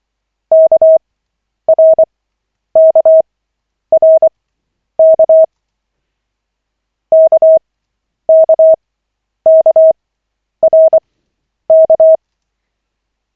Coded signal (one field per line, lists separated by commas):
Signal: Morse code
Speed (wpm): 24 wpm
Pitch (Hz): 640 Hz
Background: none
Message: KRKRK KKKRK